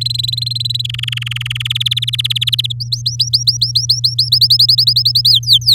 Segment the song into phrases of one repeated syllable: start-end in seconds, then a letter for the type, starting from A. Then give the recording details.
0.01-0.82 A, 0.84-1.68 B, 1.70-2.72 C, 2.80-4.29 D, 4.32-5.30 E, 5.30-5.74 F. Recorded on 7 May 2018 at 13:21. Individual llb16